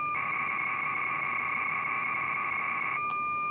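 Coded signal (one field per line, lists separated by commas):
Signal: modem data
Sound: three-second burst of buzzy two-tone warble, then a short click and faint tone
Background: radio hiss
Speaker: so that blob right there was our data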